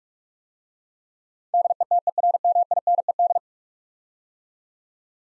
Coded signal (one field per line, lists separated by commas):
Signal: Morse code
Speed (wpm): 44 wpm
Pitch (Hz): 700 Hz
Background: none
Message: DETERMINED